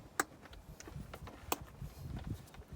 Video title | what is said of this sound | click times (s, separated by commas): R53 Mini Cooper S valve cover gasket & spark plug tube seal replacement (how to) | you'll hear a click when they go in now | 0.2 s, 1.5 s